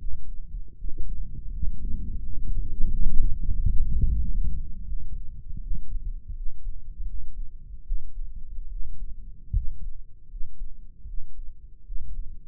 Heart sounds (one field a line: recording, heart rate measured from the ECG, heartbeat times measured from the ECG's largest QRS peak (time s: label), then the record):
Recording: heart sounds by microphone in the right ear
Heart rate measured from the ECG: 81 bpm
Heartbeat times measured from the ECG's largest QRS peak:
0.73 s: heartbeat
1.47 s: heartbeat
2.17 s: heartbeat
2.83 s: heartbeat
3.48 s: heartbeat
4.15 s: heartbeat
4.83 s: heartbeat
5.57 s: heartbeat
6.31 s: heartbeat
7.03 s: heartbeat
7.82 s: heartbeat
8.66 s: heartbeat
9.50 s: heartbeat
10.26 s: heartbeat
11.03 s: heartbeat
11.81 s: heartbeat
From the record:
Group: healthy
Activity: rest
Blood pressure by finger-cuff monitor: 93/70 mmHg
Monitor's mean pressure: 75 mmHg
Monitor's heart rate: 79 bpm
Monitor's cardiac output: 5.7 L/min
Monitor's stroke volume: 70 mL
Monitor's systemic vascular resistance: 990 dyn s/cm5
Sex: male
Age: 20 years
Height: 187 cm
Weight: 68.9 kg